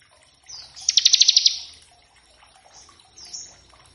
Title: Masteran Ciblek Gacor Vs Kenari Gacor Untuk Masteran Semua Jenis Burung. Ciblek ngebren variasi masteran & pancingan ciblek. Burung Ciblek